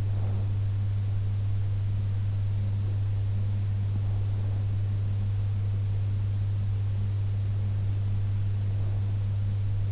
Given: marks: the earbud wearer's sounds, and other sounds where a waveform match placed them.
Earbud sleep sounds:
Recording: sounds in sleep by an in-ear microphone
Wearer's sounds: breath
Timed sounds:
0.00-0.83 s: breath

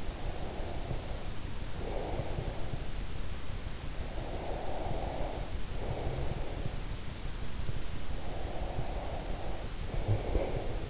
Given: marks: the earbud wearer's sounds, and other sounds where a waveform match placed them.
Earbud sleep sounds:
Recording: sounds in sleep by an in-ear microphone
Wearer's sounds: breath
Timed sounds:
0.00-2.86 s: breath
4.02-6.99 s: breath
8.13-10.90 s: breath

